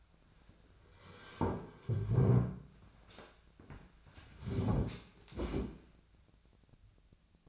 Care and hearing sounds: daily activity, microphone in the room; sit down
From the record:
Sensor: 2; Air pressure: 1008.0 hPa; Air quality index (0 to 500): 181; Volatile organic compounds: 10 ppm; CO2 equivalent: 2222 ppm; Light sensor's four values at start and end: 11/27/11/12 and 11/27/11/12

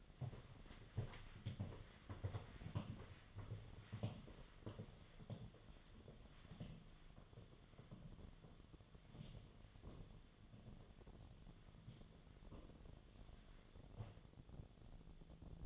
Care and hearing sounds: daily activity, microphone in the room; walk to room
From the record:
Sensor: 4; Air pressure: 1011.0 hPa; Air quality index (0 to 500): 160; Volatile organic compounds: 4 ppm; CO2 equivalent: 1629 ppm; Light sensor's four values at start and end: 43/123/50/51 and 45/128/52/54

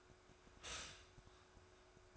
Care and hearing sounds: daily activity, microphone in the room; stop toaster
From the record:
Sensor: 2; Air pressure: 1014.5 hPa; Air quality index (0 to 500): 196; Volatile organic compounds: 20 ppm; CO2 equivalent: 2691 ppm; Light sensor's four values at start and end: 4/9/3/3 and 4/9/3/3

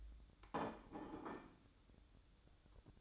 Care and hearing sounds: daily activity, microphone in the room; place plate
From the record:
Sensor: 3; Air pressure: 1007.5 hPa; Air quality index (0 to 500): 55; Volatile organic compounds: 1 ppm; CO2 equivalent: 595 ppm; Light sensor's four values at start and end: 8/20/8/8 and 9/21/8/8

